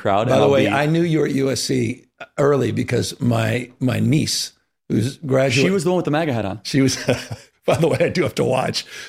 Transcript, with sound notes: By the way, I knew you were at USC early because my niece was...
She was the one with the MAGA hat on.
She was (laughter) - by the way, I do have to watch.